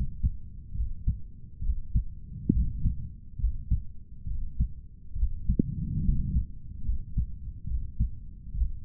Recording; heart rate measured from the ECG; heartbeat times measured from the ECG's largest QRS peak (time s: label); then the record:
heart sounds by stethoscope; 69 bpm
0.76 s: heartbeat
1.64 s: heartbeat
2.54 s: heartbeat
3.41 s: heartbeat
4.28 s: heartbeat
5.17 s: heartbeat
6.05 s: heartbeat
6.86 s: heartbeat
7.68 s: heartbeat
8.56 s: heartbeat
From the record:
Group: healthy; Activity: rest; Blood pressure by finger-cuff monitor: 141/87 mmHg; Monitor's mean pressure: 101 mmHg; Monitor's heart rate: 69 bpm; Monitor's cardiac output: 7.6 L/min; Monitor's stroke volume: 108 mL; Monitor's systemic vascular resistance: 990 dyn s/cm5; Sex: male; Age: 30 years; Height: 188 cm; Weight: 110.2 kg